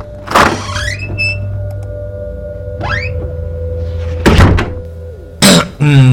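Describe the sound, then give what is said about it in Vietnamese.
An office door is pulled shut with a heavy thunk, followed by another firm thud, with a whirring rising mechanical sweep and a low steady hum in the background. “Quan Kiện nhẹ bước vào phòng làm việc của giáo sư Nhiệm, rồi khép ngay cửa lại.”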